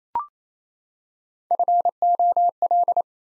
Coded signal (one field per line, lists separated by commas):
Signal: Morse code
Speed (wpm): 29 wpm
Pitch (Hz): 700 Hz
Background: none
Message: FOL